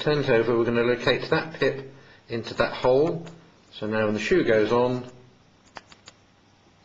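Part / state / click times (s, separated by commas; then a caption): audio input shoe onto behind-the-ear hearing aid / seated / 5.8 s. Someone talks while a small plastic Oticon FM8 direct audio input shoe is turned over and its pip is lined up with the hole in a behind-the-ear hearing aid. The shoe is pushed on and snaps home with a sharp click at 5.8 s, followed by two smaller clicks at 5.9 s and 6.1 s, leaving the shoe seated on the hearing aid.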